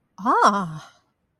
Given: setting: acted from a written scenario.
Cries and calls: vocal sound without words; realization

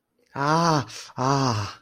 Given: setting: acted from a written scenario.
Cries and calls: vocal sound without words; pain

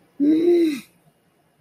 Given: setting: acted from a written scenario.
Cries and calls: vocal sound without words; anger

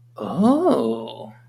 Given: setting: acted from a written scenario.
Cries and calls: vocal sound without words; realization

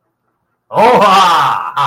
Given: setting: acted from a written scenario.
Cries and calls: vocal sound without words; positive surprise

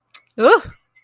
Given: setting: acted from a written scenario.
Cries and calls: vocal sound without words; anger

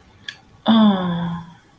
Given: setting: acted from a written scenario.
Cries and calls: vocal sound without words; awe

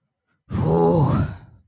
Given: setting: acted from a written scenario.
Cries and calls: vocal sound without words; anger

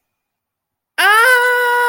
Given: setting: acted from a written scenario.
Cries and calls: vocal sound without words; fear

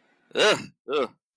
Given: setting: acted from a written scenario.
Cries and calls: vocal sound without words; negative surprise

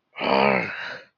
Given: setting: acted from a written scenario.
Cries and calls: vocal sound without words; anger

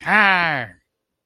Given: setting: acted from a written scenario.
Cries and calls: vocal sound without words; pain

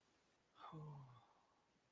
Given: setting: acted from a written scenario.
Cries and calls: vocal sound without words; desire

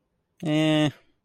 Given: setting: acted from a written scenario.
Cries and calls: vocal sound without words; neutral

